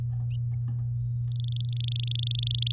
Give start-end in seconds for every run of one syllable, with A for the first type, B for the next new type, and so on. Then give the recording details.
1.24-2.73 A. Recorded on 10 May 2018 at 12:10. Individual llb16